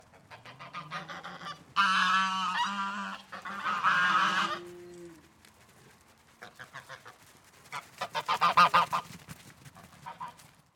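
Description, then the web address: Goose: geese honking loudly in harsh, nasal bursts, a burst of overlapping honks early on, a quieter gap, then a second rising flurry of calls near the end. Several farm geese honking and moving around the yard. "GDC 2016-Game Audio Bundle Sound Ex Machina - Animal Farm Gooses honking and moving around the yard"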